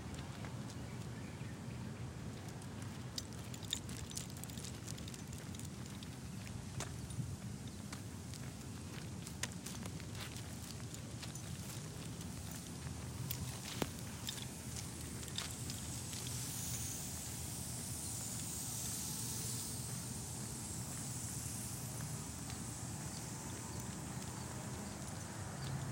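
A night walk with a dog through a Phoenix neighborhood, set over a steady low rumble like passing traffic. Short clicks and scuffs, possibly footsteps, crop up irregularly throughout. From about sixteen seconds a high hiss, like insects or sprinklers, rises and holds.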